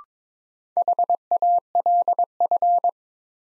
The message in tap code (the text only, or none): none